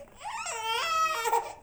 Baby Cry.